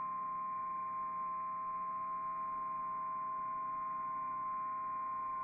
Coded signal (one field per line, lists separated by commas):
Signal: Emergency Alert System (SAME) tones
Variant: 1050 Hz attention tone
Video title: SoCal IS FINALLY GETTING RAIN PART 2... EAS Alerts from 10/14/25 (EAS #6,341 - 6,379)